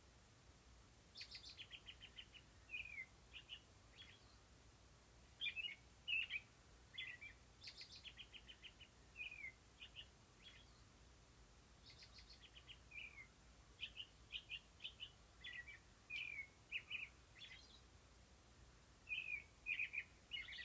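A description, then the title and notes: Birds sing in repeated bright phrases, each a quick run of chirps and short trills, recurring every couple of seconds through the clip. The songs sound clear against a faint, steady low rumble of background noise. ASMR Birds.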